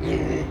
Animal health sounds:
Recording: contact call of a hoofed animal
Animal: pig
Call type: closed-mouth grunt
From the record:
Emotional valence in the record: negative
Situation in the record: short social isolation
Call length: 0.51 s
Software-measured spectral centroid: 1530 Hz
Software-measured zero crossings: 930 a second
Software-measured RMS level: -24 dBFS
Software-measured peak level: -13 dBFS

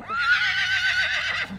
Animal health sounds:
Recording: contact call of a hoofed animal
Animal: Przewalski's horse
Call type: whinny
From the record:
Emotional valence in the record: negative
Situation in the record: group separation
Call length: 1.59 s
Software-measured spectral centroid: 2690 Hz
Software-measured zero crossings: 3700 a second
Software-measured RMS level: -24 dBFS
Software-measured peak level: -10 dBFS

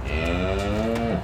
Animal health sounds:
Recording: contact call of a hoofed animal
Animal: cattle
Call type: low-frequency (closed-mouth) or high-frequency (open-mouth) call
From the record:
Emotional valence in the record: positive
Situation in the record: visual reunion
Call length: 1.24 s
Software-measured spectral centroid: 1780 Hz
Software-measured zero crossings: 1400 a second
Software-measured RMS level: -24 dBFS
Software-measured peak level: -10 dBFS

